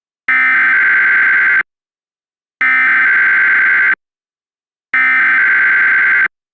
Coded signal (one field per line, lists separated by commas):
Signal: Emergency Alert System (SAME) tones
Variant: header bursts